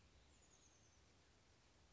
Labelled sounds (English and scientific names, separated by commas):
Oak Titmouse (Baeolophus inornatus)